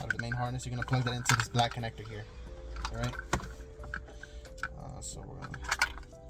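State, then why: Not seated. A plastic main wiring harness plug, carrying power, speakers, ground and ignition for an Android radio in a Jeep Grand Cherokee, is handled near the radio's black connector while someone talks. Faint handling ticks and plastic knocks are heard, but nothing has seated or clicked yet.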